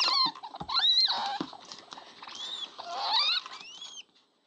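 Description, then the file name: Jerboa squeaks: sharp, high, whistled calls that rise and fall, with a few soft taps, in bursts over about four seconds before going quiet. "Tushkanchik"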